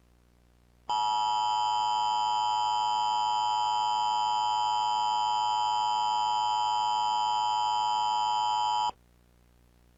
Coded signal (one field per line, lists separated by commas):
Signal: Emergency Alert System (SAME) tones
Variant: 853 and 960 Hz attention tone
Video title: EAS Scenario // Beneath //